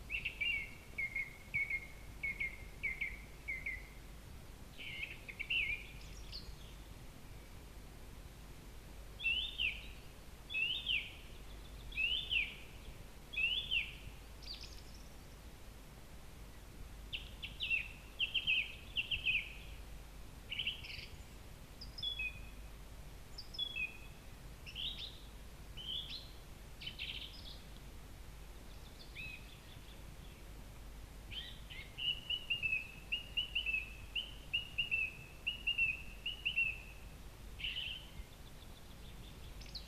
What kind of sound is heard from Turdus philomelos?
song